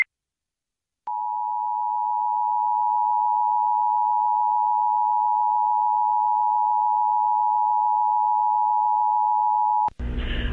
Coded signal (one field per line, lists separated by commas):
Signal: Emergency Alert System (SAME) tones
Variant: 853 and 960 Hz attention tone